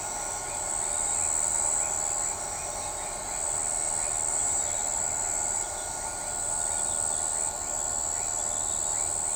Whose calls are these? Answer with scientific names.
none